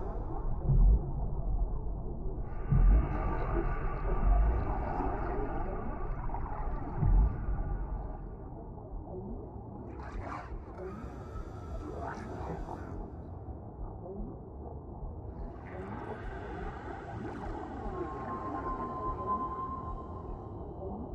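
Whales sing underwater over a steady low water rumble. A long tonal call rises from about 2.5 to 7 seconds, broken calls and clicks follow around 10 to 13 seconds, and another call from 15 seconds ends in a thin whistling tone near 19 seconds. Soft thumps mark the opening seconds.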